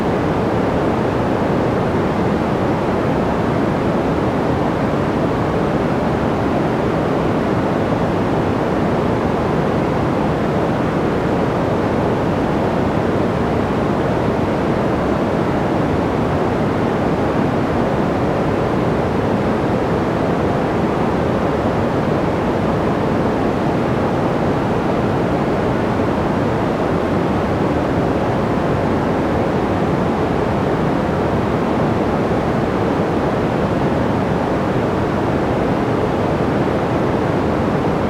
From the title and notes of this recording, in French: Le Plus Doux Bruit Blanc | Bruit Vert Naturel. Mêlant la douceur apaisante du bruit blanc et les éléments naturels du bruit vert.